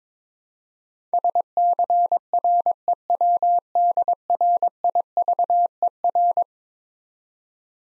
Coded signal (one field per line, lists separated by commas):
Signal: Morse code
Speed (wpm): 22 wpm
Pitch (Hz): 700 Hz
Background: none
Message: SCREWDRIVER